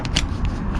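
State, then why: Not seated. A plastic retaining nut for the soft topper frame on a 2022+ Toyota Tundra is handled as it is pushed toward its spot on the pickup bed rail. Two brief, sharp handling ticks at about 0.1 s and 0.2 s sit over a steady low rumble. The nut has not seated or clicked into place yet.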